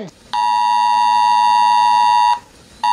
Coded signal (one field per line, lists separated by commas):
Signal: Emergency Alert System (SAME) tones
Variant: 853 and 960 Hz attention tone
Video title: Rating EVERY Country's EAS Alarm